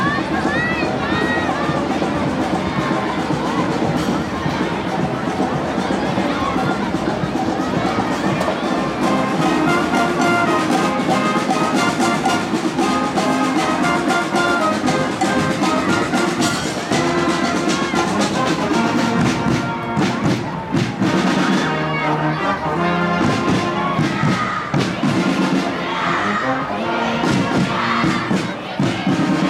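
A cheering children's parade fills the recording with a dense, unbroken din of young voices shouting and calling out. The loudness stays high and steady throughout, with occasional thumps and brief bright cries rising above the crowd, a little busier after the twenty-second mark.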